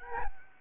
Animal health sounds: mosquito wingbeat signal from an infrared sensor; Aedes albopictus

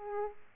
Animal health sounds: mosquito wingbeat signal from an infrared sensor; Aedes aegypti

